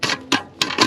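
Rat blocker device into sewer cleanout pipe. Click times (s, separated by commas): 0.0 s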